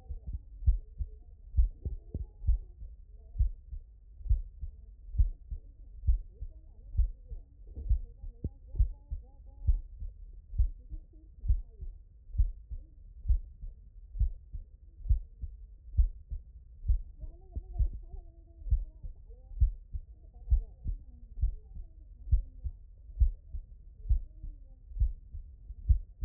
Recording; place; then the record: heart sounds by stethoscope; mitral valve (MV)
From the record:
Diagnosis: non-HFrEF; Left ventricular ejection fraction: 55%